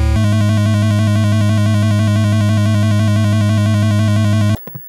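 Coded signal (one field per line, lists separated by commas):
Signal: none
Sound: video game music notes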